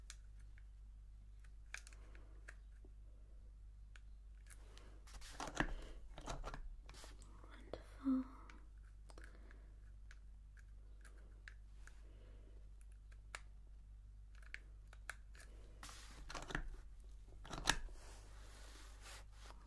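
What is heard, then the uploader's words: Typing and page handling: scattered soft clicks and rustles, with a louder flurry of paper near five to seven seconds and again around sixteen to eighteen seconds. A single sharp knock lands near eight seconds. A low steady hum sits underneath. Page Turning, Typing and Book Stamping.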